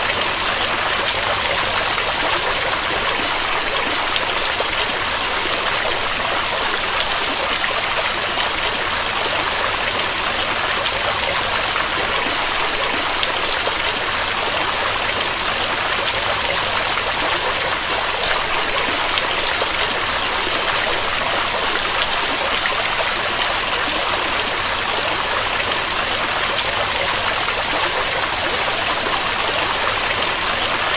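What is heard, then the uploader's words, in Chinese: Running water flows steadily and densely throughout, a bright rushing hiss with no pauses or changes and little low rumble. 高品质 流水声实录。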